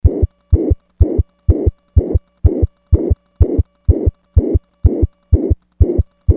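Regular heartbeat near 125 per minute with a blowing murmur filling systole: mitral regurgitation, blood leaking back through the mitral valve.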